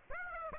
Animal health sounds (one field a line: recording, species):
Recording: mosquito wingbeat signal from an infrared sensor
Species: Aedes aegypti